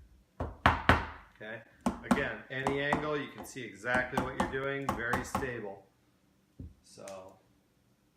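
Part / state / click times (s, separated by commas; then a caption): folding head or handle joint of a hand striking tool / not seated / none. The folding head or handle joint of a hand striking tool is being handled and moved toward its locked position while someone talks. A few sharp knocks come near the start, around 0.4, 0.7 and 0.9 seconds, followed by steady speech. The clip ends before the part goes home, and nothing has seated or clicked into place yet.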